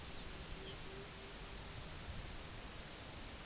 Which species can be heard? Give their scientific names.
Calidris melanotos, Calcarius lapponicus